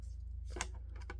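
An interchangeable decorative insert for a mask display stand is handled and fitted back toward its place, with a sharp tap at 0.6 s and light rubbing and knocking over a steady low hum. Nothing has seated or clicked yet.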